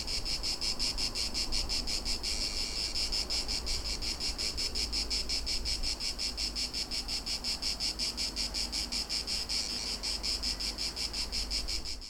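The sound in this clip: Cicadas singing in a steady pulsing buzz, a high rasping drone throbbing throughout, with a low rumble underneath.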